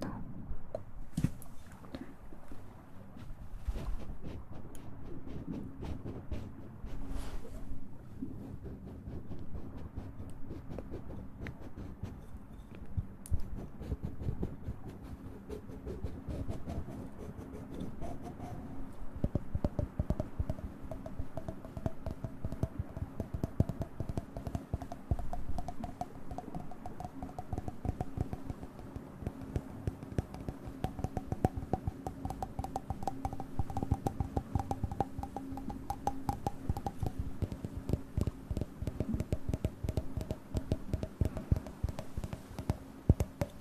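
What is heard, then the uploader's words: Rapid, uneven tapping with soft mouth clicks runs throughout, a low steady hum underneath and a faint tonal whine drifting in midway. Tap trigger and mouth sounds.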